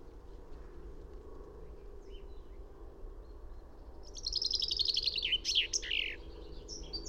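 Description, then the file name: Common chaffinch song after several seconds of quiet: a quick tumbling trill falling in pitch and finishing with a sharp flourish, over steady low background noise. "Fringilla coelebs"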